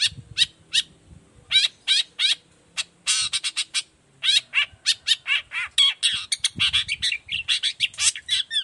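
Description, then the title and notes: Long-tailed shrike song: a busy stream of sharp chirps, scratchy rasps and slurred notes in fast, irregular volleys. Singing actively in the morning with varied 'toet toet' notes; recording used as a lure so other shrikes of any kind reply quickly and open their beaks. "Cendet Gacor Dor Di Kala Pagi Toet Toet Variasi Suara. Cendet Gacor Efektif Pancingan Buat Cendet Jenis Apapun Agar Cepat Nyaut Buka Paruh. Burung cendet"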